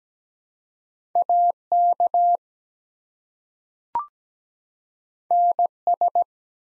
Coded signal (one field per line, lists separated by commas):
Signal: Morse code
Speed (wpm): 17 wpm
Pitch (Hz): 700 Hz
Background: none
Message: AK NS